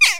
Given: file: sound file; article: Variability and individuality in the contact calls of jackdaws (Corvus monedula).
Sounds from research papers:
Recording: jackdaw call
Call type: harmonic

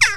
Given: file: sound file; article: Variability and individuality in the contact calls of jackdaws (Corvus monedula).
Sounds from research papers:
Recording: jackdaw call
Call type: harmonic

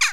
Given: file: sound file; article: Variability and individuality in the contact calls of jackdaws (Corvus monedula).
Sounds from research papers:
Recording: jackdaw call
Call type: harmonic

